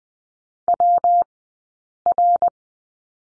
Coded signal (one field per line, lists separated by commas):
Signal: Morse code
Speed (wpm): 20 wpm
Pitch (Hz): 690 Hz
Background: none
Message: WR